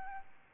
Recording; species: mosquito wingbeat signal from an infrared sensor; Aedes albopictus